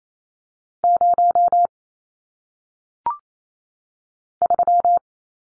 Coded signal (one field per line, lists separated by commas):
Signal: Morse code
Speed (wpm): 28 wpm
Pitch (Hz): 700 Hz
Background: none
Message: 0 3